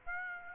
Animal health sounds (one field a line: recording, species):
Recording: mosquito wingbeat signal from an infrared sensor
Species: Aedes aegypti